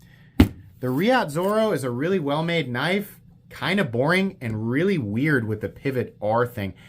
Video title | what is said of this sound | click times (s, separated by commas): Reate Zoro Folding Knife - Full Review | And then we have a nice, very nice click in the detent | 0.4 s